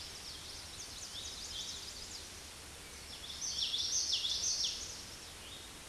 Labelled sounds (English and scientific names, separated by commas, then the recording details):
Common Yellowthroat (Geothlypis trichas) song
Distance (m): 10 m
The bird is about level with the microphone
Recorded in a Pennsylvania forest on 16 May 2024 at 06:22
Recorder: AudioMoth, point MSD-1295
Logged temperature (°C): 13.7 °C
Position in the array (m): 200 m, 81 m